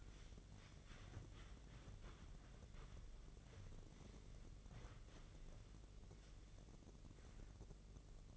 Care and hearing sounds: daily activity, microphone in the room; wipe stove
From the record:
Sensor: 4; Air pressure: 1013.2 hPa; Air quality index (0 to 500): 176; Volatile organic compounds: 2 ppm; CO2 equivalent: 1110 ppm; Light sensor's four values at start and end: 98/245/101/107 and 98/246/101/107

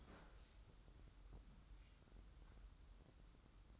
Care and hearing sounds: daily activity, microphone in the room; open fridge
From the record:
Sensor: 3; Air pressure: 994.4 hPa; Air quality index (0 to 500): 208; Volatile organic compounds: 1000 ppm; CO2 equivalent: 6942 ppm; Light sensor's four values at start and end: 167/399/167/164 and 179/429/180/178

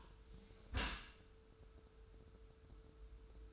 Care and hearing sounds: daily activity, microphone in the room; close dishwasher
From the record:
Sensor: 2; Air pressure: 1014.8 hPa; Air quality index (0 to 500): 25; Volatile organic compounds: 0 ppm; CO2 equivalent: 502 ppm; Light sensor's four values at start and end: 10/22/9/9 and 10/22/9/9

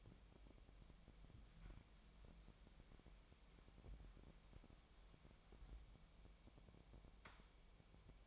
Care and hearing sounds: daily activity, microphone in the room; wipe stove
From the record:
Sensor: 1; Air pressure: 1007.1 hPa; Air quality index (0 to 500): 204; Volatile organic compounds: 22 ppm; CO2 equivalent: 2750 ppm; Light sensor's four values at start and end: 13/33/13/15 and 13/33/13/15

